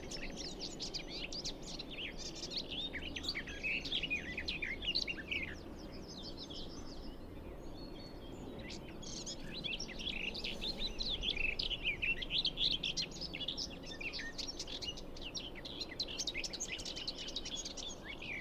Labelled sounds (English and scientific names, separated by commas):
Garden Warbler (Sylvia borin) song